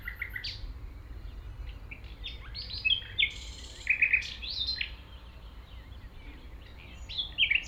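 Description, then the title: Common nightingale delivering varied song phrases, rapid repeated notes and bright whistles, pausing briefly between bursts, with faint low hum in the background. Singing in tall grass at Chindrieux, France, approached on foot by the recordist; it is deaf to outside noise while singing. "195 Rue de Vars, 73310 Chindrieux, France - approche d'un rossignol"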